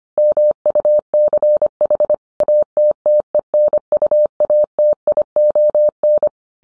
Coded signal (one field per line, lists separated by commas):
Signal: Morse code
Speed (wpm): 25 wpm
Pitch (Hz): 600 Hz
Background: none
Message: MUCH ATTENUATION